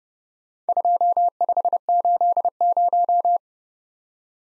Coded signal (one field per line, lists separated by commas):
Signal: Morse code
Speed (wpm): 28 wpm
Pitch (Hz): 700 Hz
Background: none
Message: 2580